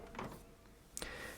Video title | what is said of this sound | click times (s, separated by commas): HP DeskJet 2827e : How to Replace the Ink Cartridges | and push it until it clicks. | 1.0 s